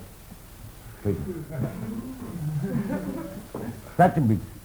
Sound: laughter

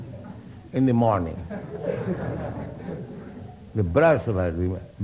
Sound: laughter

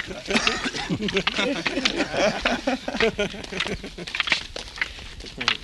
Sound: laughter

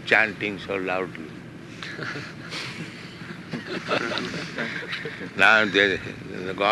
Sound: laughter

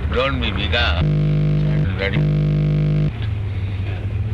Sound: interference

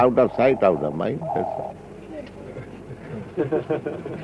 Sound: laughter

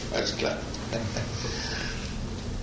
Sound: laughs

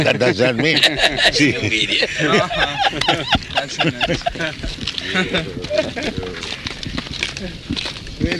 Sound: laughter

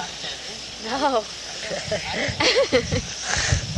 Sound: laughs

